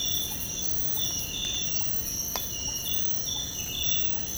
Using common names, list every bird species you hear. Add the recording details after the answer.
none. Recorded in secondary vegetation near Puerto Asís, Putumayo, Colombia, on 19 February 2024 at 05:30. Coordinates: 0.468, -76.324. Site G6381